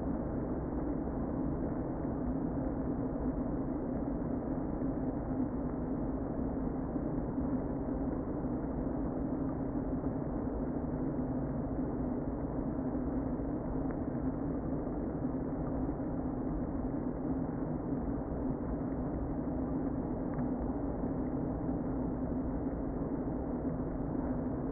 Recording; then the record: honeybee colony, microphone inside the hive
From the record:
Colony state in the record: queen present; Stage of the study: before two queens were removed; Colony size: about 60,000 bees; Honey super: yes